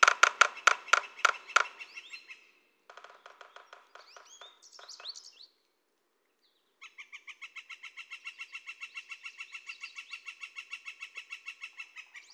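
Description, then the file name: Northern Flicker delivering loud clipped notes that soften into quieter chatter, a brief silence, then a long even run of rapid repeated notes. "Pic flamboyant"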